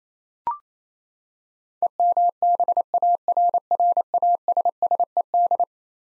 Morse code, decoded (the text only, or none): EMBARRASSED